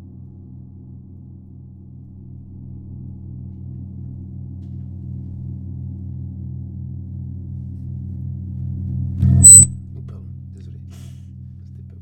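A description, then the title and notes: A low gong hum drones steadily, deep and pulsing, with a faint shimmer above it that slowly grows louder. Just past nine seconds a brief bright strike or clink rings out over the drone, then the sustained hum continues. Gong Bath from Elodie. Kundalini Session with Yogi Priya Dhyan Khaur Lunar Phase Gong Bath, played by Elodie!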